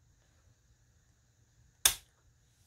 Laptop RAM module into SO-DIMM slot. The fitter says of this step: 放进去的办法非常简单，我先把这个壳插进去，然后我按下去，然后听见咔嚓一声响就可以了。